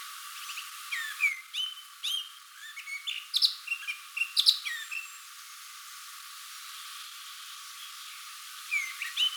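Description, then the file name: Eurasian blackcap song in short bursts of bright whistles and chirps, including a few loud clear notes, then a quiet spell before a brief phrase returns at the end. "Sylvia atricapilla"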